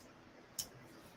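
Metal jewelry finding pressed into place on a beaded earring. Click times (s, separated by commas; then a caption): 0.6 s. A small metal jewelry finding on a beading-wire earring is pushed down into place with the tip of a plier. It snaps in with a single sharp, bright click at 0.6 s over a quiet background, and the finding is seated.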